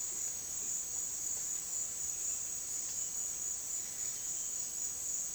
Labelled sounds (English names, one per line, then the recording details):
none
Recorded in dense forest near Puerto Asís, Putumayo, Colombia, on 18 February 2024 at 10:30
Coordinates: 0.466, -76.327
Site G6413